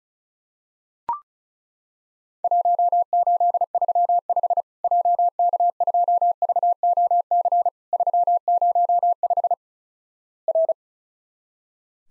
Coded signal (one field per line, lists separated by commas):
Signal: Morse code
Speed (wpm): 36 wpm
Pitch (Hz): 700 Hz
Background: none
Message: 1835 JK2VOC 305 R